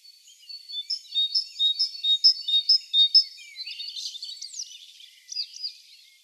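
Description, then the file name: Great tit with a short run of quick two-note phrases, followed by scattered high twittering and sweeping notes. "Parus major"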